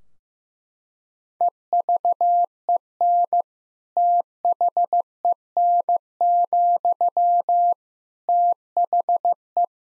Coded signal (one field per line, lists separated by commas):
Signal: Morse code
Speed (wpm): 16 wpm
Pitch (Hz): 700 Hz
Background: none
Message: EVEN THEN, THE